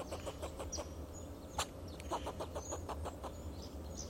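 Fox squirrel chattering in quick repeated clucks with a couple of sharper clicks, low rumbling hum underneath and thin high bird notes.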